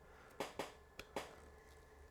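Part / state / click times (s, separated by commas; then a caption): XLR cable connector into shotgun microphone / not seated / none. The female XLR end of a microphone cable is handled against the metal connector of a shotgun microphone, making four short, sharp knocks over a low, steady hum. The connector has not seated or clicked into place yet.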